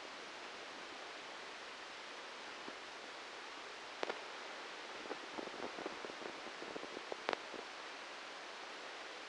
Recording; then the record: brain microelectrode recording played as sound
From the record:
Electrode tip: outside the subthalamic nucleus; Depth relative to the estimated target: 2 mm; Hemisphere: left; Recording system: NeuroSet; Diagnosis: Parkinson's disease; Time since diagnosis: 13 years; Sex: male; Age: 63 years